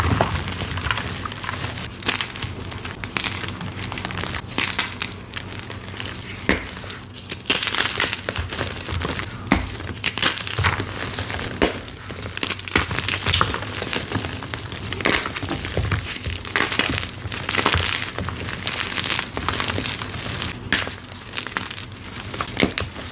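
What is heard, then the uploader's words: Dyed gym chalk crunches softly and crisply in a dense, steady run of brittle crackles, with sharper bright snaps every second or two. Bon Ami Dipped Dyed Gym Chalk ASMR Edits Compilation + 2X SPEED VERSION. Soft crispy powdery crunches of dyed gym chalk asmr and oddly satisfying sounds.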